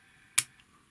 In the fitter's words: clicks into place